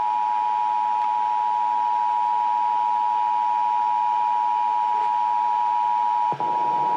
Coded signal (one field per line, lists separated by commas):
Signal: Emergency Alert System (SAME) tones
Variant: 853 and 960 Hz attention tone